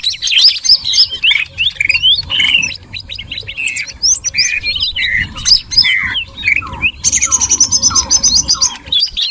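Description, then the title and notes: Birds chirping in a dense, noisy chorus of squeaky, whistled notes, with a high buzzy trill running from about seven seconds to near the end. Noisy bird chatter, used as a lure to attract birds. "Master Burung Ribut Durasi Panjang. Burung Ribut Pikat"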